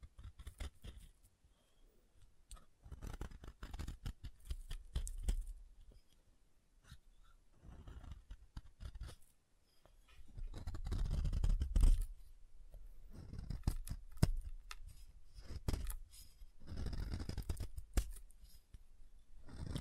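Soap tapped and carved in quick irregular clicks and scrapes, with heavier low thumps building around eleven and again near seventeen seconds.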